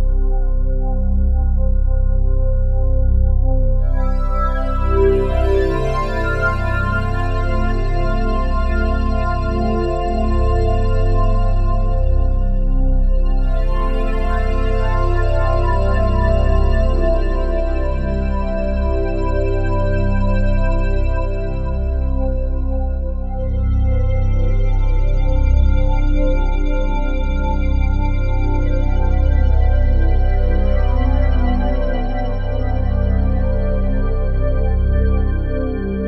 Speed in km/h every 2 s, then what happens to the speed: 114, 114, 115, 112, 109, 105, 101, 97, 94, 90, 87, 84, 79, 75, 75, 78, 80, 85.
0-5 steady at about 114. 5-26 slows to 75. 26-36 speeds up to 85.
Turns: none.